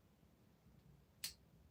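A small screw is turned backwards in a knife handle's thread during reassembly. Over a faint low hum, a single short, sharp click sounds at 1.2 seconds as the screw's thread drops into the start of the mating thread. The screw is now seated and ready to go right in.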